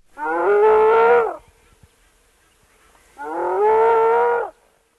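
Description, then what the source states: Spotted hyena whoops: two long, drawn-out hooting calls separated by about two seconds of near silence. Female spotted hyena named Pan, top-ranking in a study clan, hidden in a hole in the ground near a river in Kenya, giving a distressed-sounding whoop.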